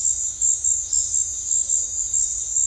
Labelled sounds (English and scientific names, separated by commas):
none